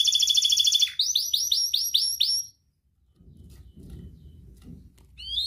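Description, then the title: Canary song: a fast buzzy trill, then a run of several quick swept notes, followed by a pause and faint low background noise. Actively singing canary ('kenari gacor') with its best 'cengkok' ornamented phrasing and richest 'isian' fill-in material, from Indonesian songbird-keeping hobby (kicaumania) circles. "Kenari Gacor Cengkok Terbaik Isian Paling Mewah Kenarigacor Kicaumania Kenari"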